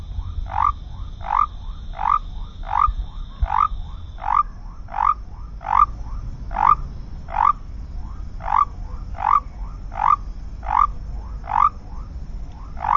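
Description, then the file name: Basin white-lipped frog producing a steady series of rising whistled notes, about eighty a minute, over low background hum. "Leptodactylus mystaceus"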